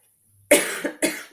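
Three quick, harsh cough bursts in about a second from an adult woman with a cold, not COVID: a strong first burst followed by two shorter ones, clear and close with no other sound.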